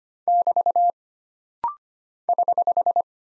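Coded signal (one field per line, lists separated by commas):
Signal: Morse code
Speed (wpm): 25 wpm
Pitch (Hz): 700 Hz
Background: none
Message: <BT> <HH>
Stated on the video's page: Rapid-fire 25 wpm drill of single punctuation and prosign characters, each sent in Morse, spoken, then sent again.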